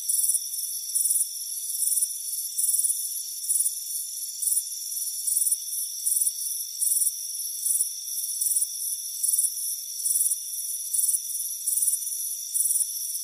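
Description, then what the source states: Cricket chirping in short, evenly spaced high bursts, a little over one a second, against a continuous thin buzzing tone. Chirping crickets on a warm afternoon at a front porch.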